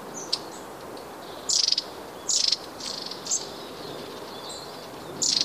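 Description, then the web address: Long-tailed tit giving short buzzy, rasping high calls in a few separated bursts, with one thin sharp note near the start, over steady faint background hiss. "wroblowe kolekcja raniuszek"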